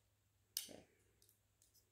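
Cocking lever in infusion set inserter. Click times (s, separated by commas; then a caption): 0.6 s. The small lever inside a plastic Autosoft 90 infusion-set inserter, used with a Tandem t:slim insulin pump, is pulled down until it clicks. A sharp click at 0.6 s is followed by a brief lower rattle and a few faint ticks around 1.3 s and 1.7 s. The lever is seated and the inserter is cocked.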